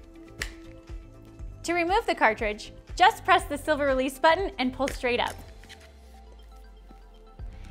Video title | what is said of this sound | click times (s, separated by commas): How to Assemble and Use Your Bona Spray Mop for Hardwood Floors | Remove the cap from the cartridge and insert the cartridge into the holder until you hear a click. | 0.4 s